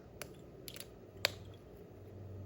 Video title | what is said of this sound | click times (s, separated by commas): How to Pick a Fragrance (Without Wasting Money) | Some caps are just going to click right into place. | 1.2 s